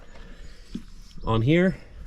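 The parking brake lever ratchet on a John Deere lawn tractor's brake mechanism is being handled as the lever is pulled back so its metal teeth can lock and hold the brake. A quiet low background with a faint soft thump near 0.8 s is heard, then someone talks briefly from about 1.3 to 1.7 s. Nothing has seated or clicked into place yet.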